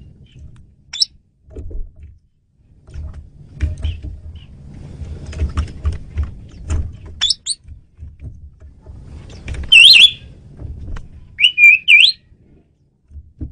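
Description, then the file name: Asian pied starling giving a few sharp whistled and chirping notes, with a louder burst of wavering whistles near the end, over low background rumble. Female bird used as a lure bird. "jalak suren betina pemikat"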